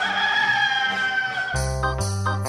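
A rooster lets out one long, drawn-out crow that slowly sinks in pitch, then gives way to a harsher, buzzy burst with a heavy low rumble underneath.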